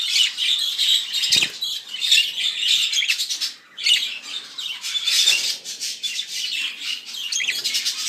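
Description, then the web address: Budgerigar chatter of rapid chirps, clicks and buzzy warbled notes, pausing briefly near the middle, with a soft low thump early on. Show-type budgerigar from a breeding nursery. "vystavocnyi volnistyi popugai cex pitomnik king parrotru. meliopsittacus undulates"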